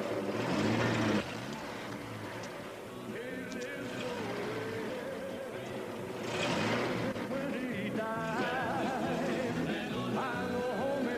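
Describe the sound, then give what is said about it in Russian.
A three-door luxury car drives past with a steady engine rumble, then brakes and reverses, its motor whining over a dense layer of background noise with murmuring voices. “Мимо Ивана проезжает трехдверная элитная машина. Тормозит, дает задний ход.”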